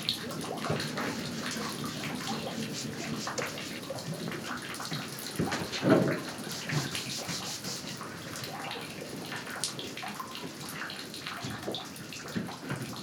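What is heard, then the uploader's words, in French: Water runs and laps beneath a wooden pontoon, a steady trickle with frequent small splashes and drips. The sound stays fairly even throughout, with a brief louder gurgle near the six-second mark and scattered bright droplet ticks on top. Petit port d'Hafnarholmi au nord-est de l'Islande. De l'eau coule sous un ponton. J'y place mes micros.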